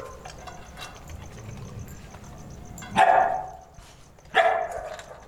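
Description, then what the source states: Dog giving two sharp barks about one and a half seconds apart, over background noise. Several dogs barking while eating and drinking water.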